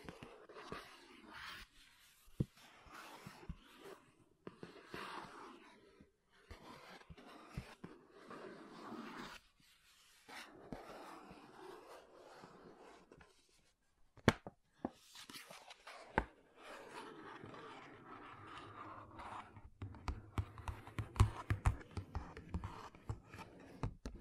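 Quiet tapping and scratching on makeup containers, with soft rustling strokes and sharp clicks scattered throughout. Brief pauses fall near 10 and 14 seconds, and a low hum joins the last few seconds as the clicks grow more frequent.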